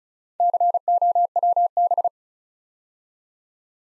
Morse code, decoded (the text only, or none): COWB